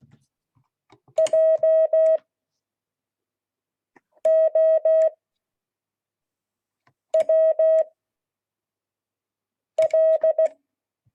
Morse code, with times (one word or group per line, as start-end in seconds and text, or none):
1.2-2.2 J
4.3-5.1 O
7.1-7.8 W
9.8-10.5 L